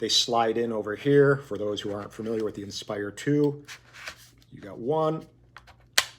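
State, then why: Seated. Someone talks while a flight battery is slid into the battery slot of an Inspire 2 camera drone. It latches home with a sharp, solid click at 6.0 s, seating the battery in place.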